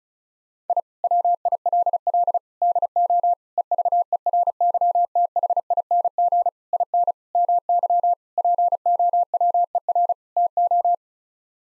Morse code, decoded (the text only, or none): I WILL DO EVERYTHING IN MY POWER TO